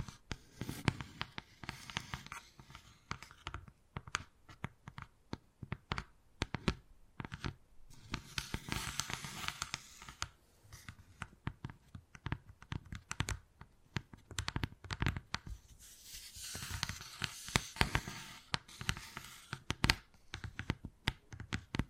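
Wood carving with a steady run of sharp taps and scraping strokes, dense and irregular throughout, like quick clicks on a hard surface. Short bursts of brighter scratching come near 3, 8–9, 15 and 17–18 seconds, with brief quieter gaps between.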